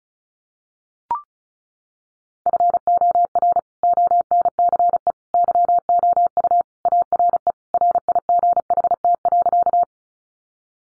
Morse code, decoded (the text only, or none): FOR ONCE YOU ARE RIGHT.